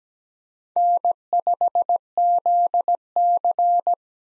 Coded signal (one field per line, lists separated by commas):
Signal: Morse code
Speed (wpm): 17 wpm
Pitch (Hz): 700 Hz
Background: none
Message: N5ZC